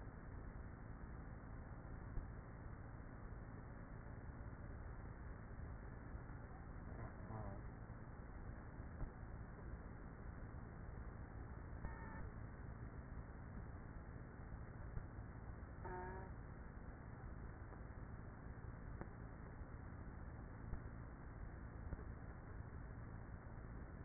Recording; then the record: honeybee colony, microphone inside the hive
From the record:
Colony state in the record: queenless with a low population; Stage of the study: after two queens were removed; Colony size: about 30,000 bees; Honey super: no